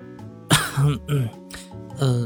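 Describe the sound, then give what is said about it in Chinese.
A man gives a short, deliberate cough to clear his throat, heard as a few brief, voiced, throaty bursts with no talking around them. “他咳嗽一声，先用言语拉近距离。”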